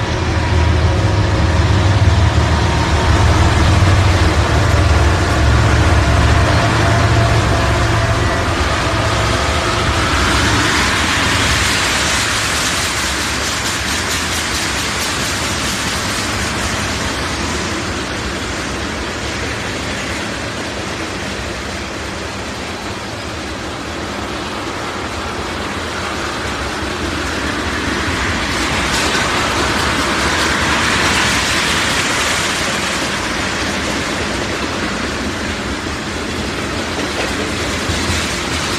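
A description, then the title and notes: A train runs on its tracks with a steady, dense rumble and hiss that never lets up. A low drone sits underneath, while brighter rushing swells rise around ten and thirty seconds before easing back. The loudness stays fairly even throughout. Train On Tracks.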